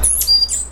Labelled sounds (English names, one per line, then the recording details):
Stitchbird song
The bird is a male
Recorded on Tiritiri Matangi Island, New Zealand, in 2005
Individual 9, of nest box 11